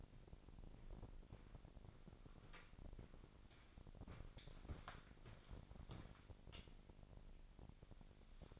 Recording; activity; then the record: daily activity, microphone in the room; walk to room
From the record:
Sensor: 5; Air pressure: 999.6 hPa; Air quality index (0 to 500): 219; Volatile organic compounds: 20 ppm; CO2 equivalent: 2682 ppm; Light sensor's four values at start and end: 35/81/32/31 and 33/77/31/30